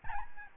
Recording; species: mosquito wingbeat signal from an infrared sensor; Aedes albopictus